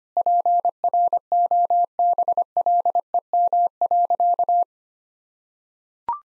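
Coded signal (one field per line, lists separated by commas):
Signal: Morse code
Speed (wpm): 25 wpm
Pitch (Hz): 700 Hz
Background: none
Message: PROBLEM.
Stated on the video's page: 25 wpm Morse practice of sentences built from common three-word phrases, for head copy.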